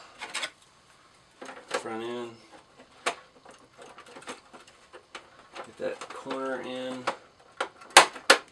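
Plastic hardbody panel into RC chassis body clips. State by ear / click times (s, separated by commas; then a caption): seated / 8.0 s, 8.3 s. A corner of a plastic hardbody panel is pushed into the mounting clips on an RC4wd Cross Country crawler chassis with a Black Rock body. Someone talks amid soft handling and rustling, then two sharp snaps ring out at 8.0 and 8.3 seconds as the panel seats into place.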